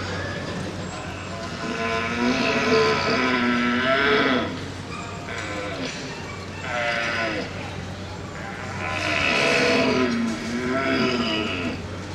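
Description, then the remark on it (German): A hunter imitates a red deer stag's roar, as of a stag sitting in its bed, somewhat exhausted and tired: three drawn-out, groaning bellows with a weary, breathy tone, the first and last long, a shorter one between, over a low steady hum. “Im Bett sitzender Hirsch, etwas abgepumpt, etwas müde, noch einmal Hirsch.”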